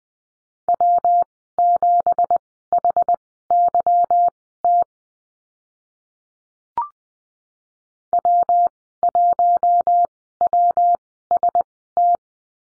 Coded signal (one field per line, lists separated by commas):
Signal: Morse code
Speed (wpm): 20 wpm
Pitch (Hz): 700 Hz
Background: none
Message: W7HYT W1WST